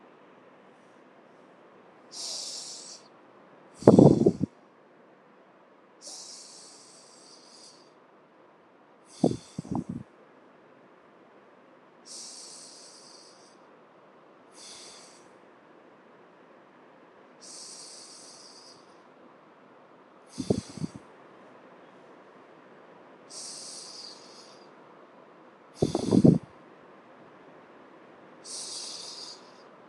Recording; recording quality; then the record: deep breathing; excellent, no background noise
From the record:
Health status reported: healthy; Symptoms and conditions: none ticked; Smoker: not ticked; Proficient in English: yes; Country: India